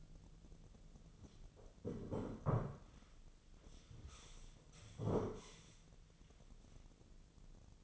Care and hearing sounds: daily activity, microphone in the room; sit down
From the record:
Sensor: 4

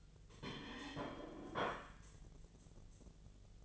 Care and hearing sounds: daily activity, microphone in the room; place plate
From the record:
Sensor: 4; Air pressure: 1010.2 hPa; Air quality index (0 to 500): 179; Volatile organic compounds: 5 ppm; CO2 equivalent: 1812 ppm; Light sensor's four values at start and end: 30/91/35/35 and 31/92/36/35

